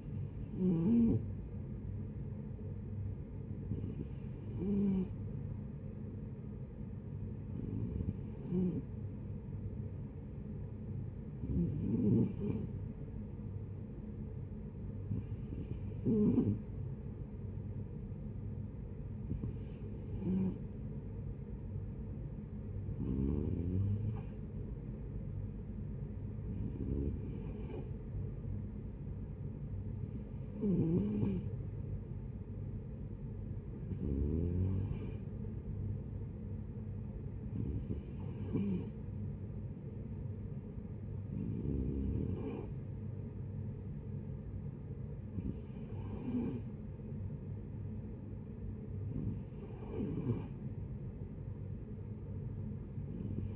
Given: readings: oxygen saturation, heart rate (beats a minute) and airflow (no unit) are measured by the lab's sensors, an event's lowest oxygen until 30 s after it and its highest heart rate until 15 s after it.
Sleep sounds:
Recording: breathing in sleep by a smartphone at the bedside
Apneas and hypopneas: none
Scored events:
none scored
From the record:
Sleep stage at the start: N2 (light sleep)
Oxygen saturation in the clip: 92 to 93%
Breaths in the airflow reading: 14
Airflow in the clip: -8.4 to 5.5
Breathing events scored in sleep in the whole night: 496 in 5.4 hours asleep

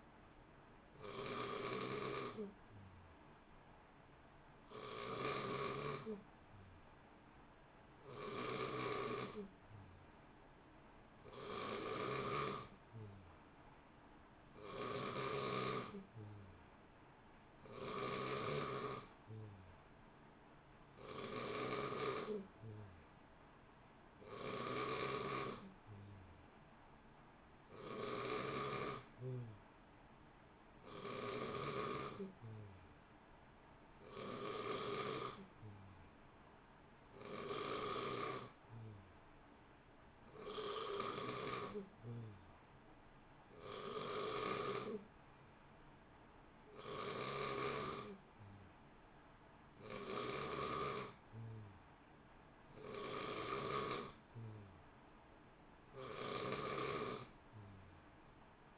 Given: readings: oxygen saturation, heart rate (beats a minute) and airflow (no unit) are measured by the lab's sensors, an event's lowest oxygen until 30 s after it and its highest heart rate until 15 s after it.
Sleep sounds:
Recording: breathing in sleep by a voice recorder at the bedside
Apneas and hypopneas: none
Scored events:
45.00-58.78 s: new sleep stage, N3 (deep sleep)
From the record:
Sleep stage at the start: N2 (light sleep)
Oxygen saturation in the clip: 89 to 91%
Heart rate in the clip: 59 to 63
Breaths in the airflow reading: 19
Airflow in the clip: -0.9 to 1.0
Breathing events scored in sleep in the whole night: 328 in 6.3 hours asleep

